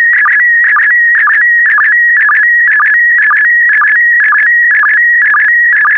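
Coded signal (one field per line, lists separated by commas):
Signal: SSTV (slow-scan television)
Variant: PD120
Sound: steady high warbling tone with rhythmic chirping dips about twice a second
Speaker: the next image transmission will start in 10 seconds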